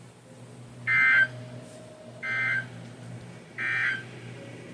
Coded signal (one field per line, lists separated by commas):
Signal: Emergency Alert System (SAME) tones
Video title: Must’ve Been The Wind (EAS 366-379)